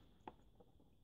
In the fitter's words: can't push that any further than that so it doesn't click all the way in